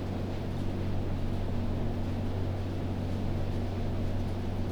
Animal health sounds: poultry house recording; no chicken sound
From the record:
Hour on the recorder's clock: 1

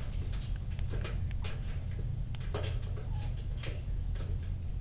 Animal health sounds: poultry house recording; healthy chickens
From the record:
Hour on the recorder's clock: 23

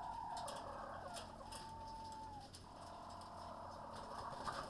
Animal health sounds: poultry house recording; healthy chickens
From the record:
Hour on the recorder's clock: 19

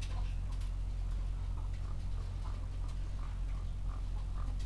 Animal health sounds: poultry house recording; sick chickens (respiratory disease)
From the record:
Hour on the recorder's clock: 14

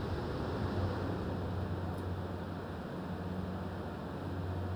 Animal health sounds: poultry house recording; no chicken sound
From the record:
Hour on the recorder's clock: 22

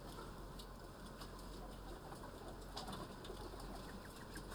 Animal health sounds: poultry house recording; healthy chickens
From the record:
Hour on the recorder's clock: 9

